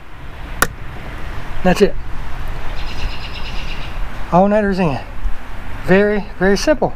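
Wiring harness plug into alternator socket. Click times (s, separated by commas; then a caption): 0.6 s. A wiring harness plug is pushed into the alternator socket on a 1993 Chevy Camaro Z28 (fourth gen) after the alternator is reinstalled. A single sharp snap at 0.6 s marks the connector seating, followed by someone talking. The plug is seated.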